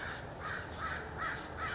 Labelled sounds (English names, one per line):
American Crow